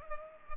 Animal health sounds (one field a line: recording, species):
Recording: mosquito wingbeat signal from an infrared sensor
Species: Culex pipiens